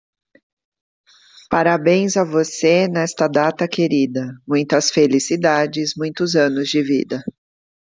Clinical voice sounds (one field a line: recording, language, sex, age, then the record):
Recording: short text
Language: Brazilian Portuguese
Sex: female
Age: 50 to 59 years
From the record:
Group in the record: control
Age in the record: 56 years